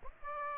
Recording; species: mosquito wingbeat signal from an infrared sensor; Aedes aegypti